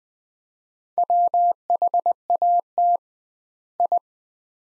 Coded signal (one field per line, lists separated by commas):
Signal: Morse code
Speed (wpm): 20 wpm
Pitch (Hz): 700 Hz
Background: none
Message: WHAT I